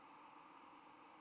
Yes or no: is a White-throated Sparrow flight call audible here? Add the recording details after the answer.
no. Another species' flight call is heard. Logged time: 08:17 on 10 November 2014